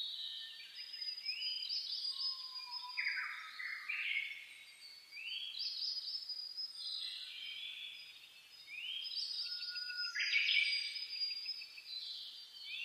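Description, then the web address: Birds singing: a whistled phrase repeated every few seconds, over continuous high whistling from other birds. Dawn chorus (reimei) birdsong (saezuri), recorded 10 May 2010. "reimei -saezuri-20100510-0401"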